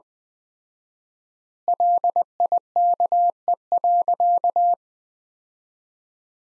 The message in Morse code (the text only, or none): LIKE.